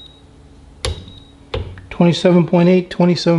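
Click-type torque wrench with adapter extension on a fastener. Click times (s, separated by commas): 0.8 s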